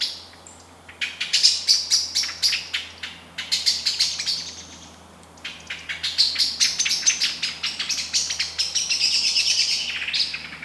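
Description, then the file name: Eurasian blackbird producing bursts of hard, chattering chink notes in two long excited runs separated by a brief lull. "Turdus merula"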